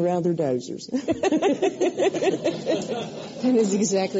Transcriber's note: laughter